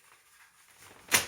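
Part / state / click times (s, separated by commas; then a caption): ski boot into ski binding heel piece / not seated / none. A plastic ski boot is worked into a ski binding: the toe is kicked into the toe piece and the boot is brought onto the heel piece, which is meant to snap closed around it and lift the brake. Quiet shuffling and handling noise builds, then a sharp, bright broadband burst hits near 1.1 s and fades out. Nothing has seated or clicked into place yet by the end of the clip.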